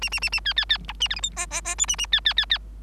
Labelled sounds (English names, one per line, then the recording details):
Bengalese Finch song
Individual Bird3